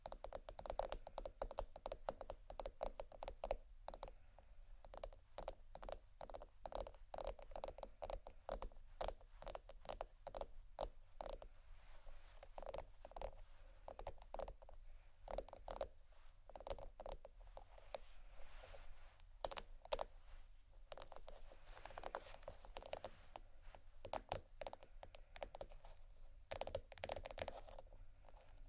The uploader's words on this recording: ASMR Tappingscratching Galore 4 Bags (No Talking).